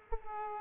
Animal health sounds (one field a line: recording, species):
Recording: mosquito wingbeat signal from an infrared sensor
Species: Culex pipiens